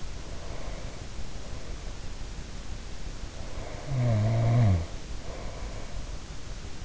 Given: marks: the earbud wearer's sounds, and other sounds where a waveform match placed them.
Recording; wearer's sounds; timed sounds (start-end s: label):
sounds in sleep by an in-ear microphone; breath, snoring breath
0.00-2.21 s: breath
3.38-6.17 s: snoring breath